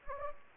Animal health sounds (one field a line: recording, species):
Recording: mosquito wingbeat signal from an infrared sensor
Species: Anopheles gambiae